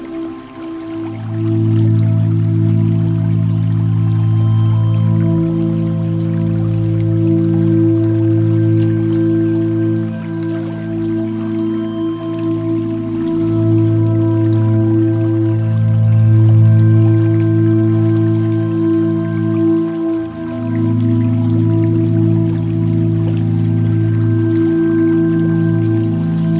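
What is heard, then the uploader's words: Relaxing music with river sounds: a low, sustained drone of held tones fills the piece, fading in over the first second and shifting slightly around the twentieth second. A faint, steady trickle of flowing water sits quietly in the background. Relaxing music with river sounds for deep sleeping, stress relief and relaxation.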